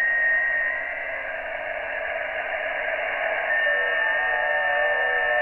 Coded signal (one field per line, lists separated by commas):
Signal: FT8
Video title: Xiegu G90 and SDRAngel with I/Q output